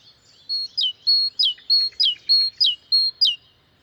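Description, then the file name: Great tit singing five evenly repeated two-note phrases, each a level high whistle followed by a sharp downward-sliding note. "Parus major"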